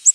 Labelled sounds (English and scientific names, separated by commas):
Ovenbird (Seiurus aurocapilla) flight call